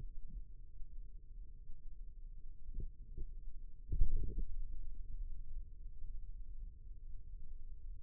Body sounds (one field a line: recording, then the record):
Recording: forearm muscle sounds (acoustic myography)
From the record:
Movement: radial deviation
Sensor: system 2, bracelet of six BSWA MPA416 microphones around the upper forearm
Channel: 4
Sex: male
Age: 22 years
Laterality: right